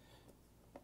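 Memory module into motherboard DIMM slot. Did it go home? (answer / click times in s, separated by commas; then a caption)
no / none. A second memory module is being handled and pushed toward a motherboard DIMM slot in a Pentium G3258 mini ITX build. A low steady hum runs under faint rubbing and handling noise, with a small sharp tap near 0.3 s and a louder brief knock at 0.8 s. The clip ends just before the module goes home, so nothing has seated or clicked yet.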